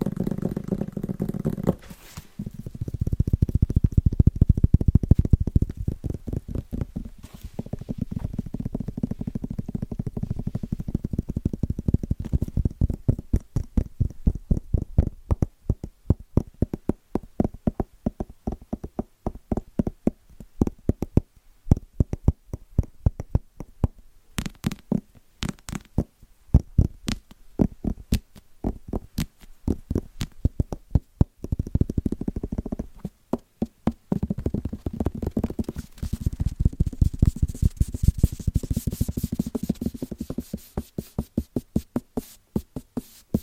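Fast, rhythmic tapping on Christmas presents, a dense stream of quick sharp taps over a low, muffled thumping. The pattern shifts through the clip, heavy and boomy early, lighter and crisper in the middle, then fuller again near the end.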